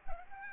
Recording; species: mosquito wingbeat signal from an infrared sensor; Aedes aegypti